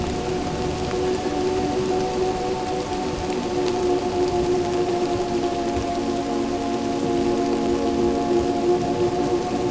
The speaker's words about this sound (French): Ce qui diffère, lorsqu'il y a l'orage dans ces montagnes, c'est l'écho du tonnerre qui semble rebondir de versant en versant.